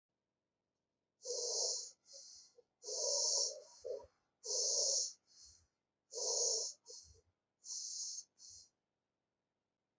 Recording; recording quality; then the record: deep breathing; excellent, no background noise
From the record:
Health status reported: exposed to COVID-19, no respiratory illness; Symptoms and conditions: none ticked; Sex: male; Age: 29 years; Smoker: not ticked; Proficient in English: yes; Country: India